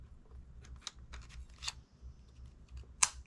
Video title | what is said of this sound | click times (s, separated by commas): Sony ZV-E10 Unboxing & First Impressions (Real & Unedited!) | So, you're going to put the battery. And you heard the click noise. | 3.0 s